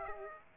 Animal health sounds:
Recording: mosquito wingbeat signal from an infrared sensor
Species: Aedes aegypti

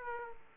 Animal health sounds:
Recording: mosquito wingbeat signal from an infrared sensor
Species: Aedes aegypti

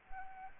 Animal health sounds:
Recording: mosquito wingbeat signal from an infrared sensor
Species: Anopheles arabiensis

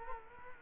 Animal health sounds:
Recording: mosquito wingbeat signal from an infrared sensor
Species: Culex quinquefasciatus

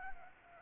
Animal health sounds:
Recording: mosquito wingbeat signal from an infrared sensor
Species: Anopheles arabiensis

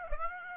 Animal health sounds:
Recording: mosquito wingbeat signal from an infrared sensor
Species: Aedes aegypti

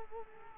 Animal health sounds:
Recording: mosquito wingbeat signal from an infrared sensor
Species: Culex quinquefasciatus

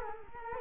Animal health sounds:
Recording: mosquito wingbeat signal from an infrared sensor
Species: Culex quinquefasciatus

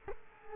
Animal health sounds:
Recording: mosquito wingbeat signal from an infrared sensor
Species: Culex quinquefasciatus

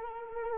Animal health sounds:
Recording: mosquito wingbeat signal from an infrared sensor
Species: Anopheles arabiensis

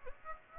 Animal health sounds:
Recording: mosquito wingbeat signal from an infrared sensor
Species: Aedes aegypti

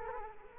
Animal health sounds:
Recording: mosquito wingbeat signal from an infrared sensor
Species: Culex quinquefasciatus

